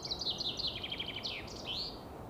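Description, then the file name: Common chaffinch song: a bright, fast series of trilled phrases stepping downward, ending in a sharp, emphatic flourish, over a faint steady background hiss. "Fringilla coelebs"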